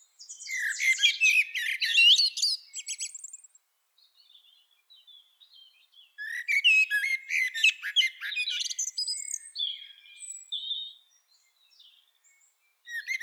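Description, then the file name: Common blackbird song: dense bursts of squeaky, twittering notes with a few soft, thin whistles between them, in two main outbursts separated by a near-silent pause. "Turdus merula"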